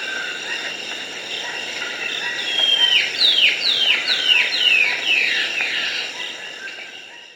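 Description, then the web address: Harlequin antbird calling, a run of several whistled notes that each slide downward, over a steady high background hum. South America. "Natures Songs S America Harlequin Antbird"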